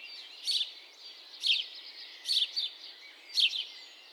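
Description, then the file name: House sparrow chirping, four sharp cheeping bursts spaced about a second apart against a soft hiss. "Passer domesticus"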